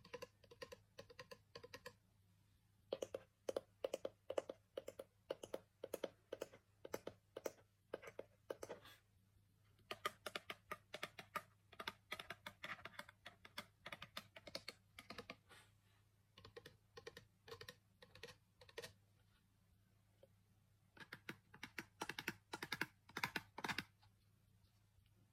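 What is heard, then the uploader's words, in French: Quick bursts of fingertip tapping come in clustered runs with short pauses, bright and clicky like typing, over a steady low hum. ASMR taping principalement. ASMR tranquille no talking.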